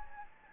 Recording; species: mosquito wingbeat signal from an infrared sensor; Anopheles gambiae